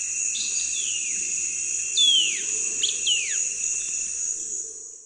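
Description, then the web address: Dot-backed antbird, a few sharply falling whistled notes over a steady high insect drone and a thin sustained tone. Eastern lowlands of South America. "Natures Songs S America Eastern Lowlands. Dot-backed Antbird"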